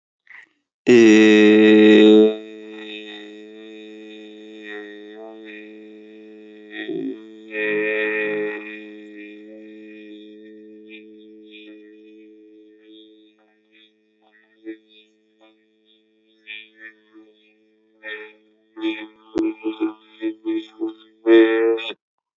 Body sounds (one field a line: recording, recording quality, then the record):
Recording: sustained vowel as in made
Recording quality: excellent, no background noise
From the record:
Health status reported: healthy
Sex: male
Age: 25 years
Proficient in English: yes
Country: India